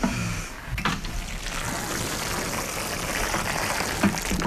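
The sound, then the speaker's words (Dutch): Water is poured steadily onto potting soil with freshly sown seeds, making a continuous soft hiss and patter for several seconds, with a couple of brief clicks and no talking. “Ja, wat water.”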